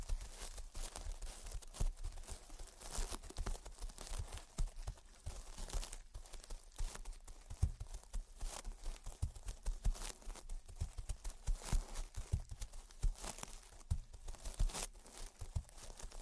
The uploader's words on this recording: Gentle Tapping and Scratching. (No Talking).